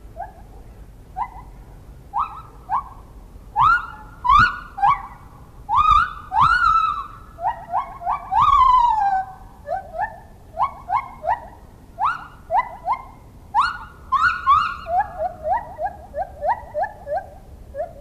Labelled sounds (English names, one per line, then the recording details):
Lar Gibbon
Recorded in captivity
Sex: male
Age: adult
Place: Zoo Rostock, Mecklenburg-Vorpommern, DE
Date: 1975-12-05 12:20
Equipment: Uher CR 210, Verstärker, Sennheiser MD 421, Kopie Unitra ZK 246
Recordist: Tembrock, Günter